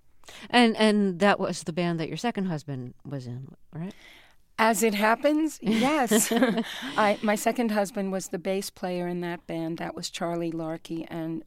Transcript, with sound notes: And that was the band that your second husband was in, right?
As it happens, yes.
(LAUGHTER)
My second husband was the bass player in that band. That was Charlie Larkey.